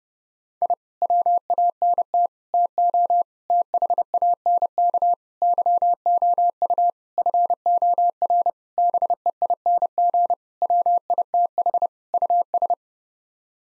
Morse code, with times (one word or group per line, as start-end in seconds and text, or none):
0.6-0.7 I
1.0-2.3 WANT
2.5-3.2 TO
3.5-5.1 THANK
5.4-6.9 YOU
7.2-8.5 FOR
8.8-10.3 BEING
10.6-11.9 WITH
12.1-12.7 US